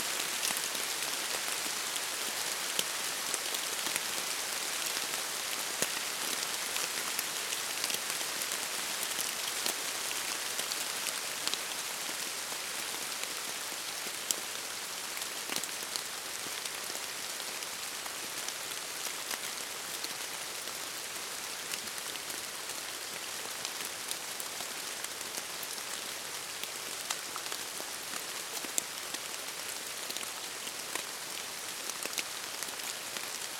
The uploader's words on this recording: Deluge at Dawn. Drop-rig (Zoom F6 + stereo set of Clippy EM272s). I set my mics just an inch or two inside a rotten crevice of the fallen tree.